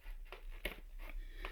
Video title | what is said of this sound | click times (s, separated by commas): 🛩️ Heewing T2 - Detailed Tour + First Impressions | There you go. That's now clicked into place. | 0.7 s